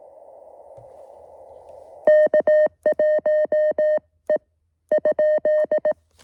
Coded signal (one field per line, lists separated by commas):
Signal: Morse code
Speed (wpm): 18 wpm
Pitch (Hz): 620 Hz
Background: music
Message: K1E ?